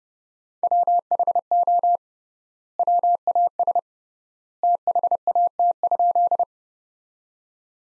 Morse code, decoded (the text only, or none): WHO WAS THAT?